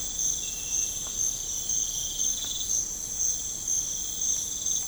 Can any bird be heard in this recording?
no